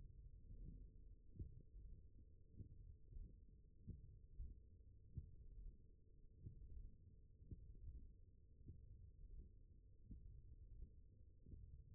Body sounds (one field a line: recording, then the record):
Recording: forearm muscle sounds (acoustic myography)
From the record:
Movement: hand closing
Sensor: system 1, eight BSWA MPA416 microphones around the upper forearm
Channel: 1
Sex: male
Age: 21 years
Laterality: right